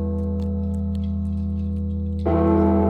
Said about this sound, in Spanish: Y ahora las campanadas. Primera, una.